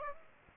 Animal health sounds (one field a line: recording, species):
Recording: mosquito wingbeat signal from an infrared sensor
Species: Aedes aegypti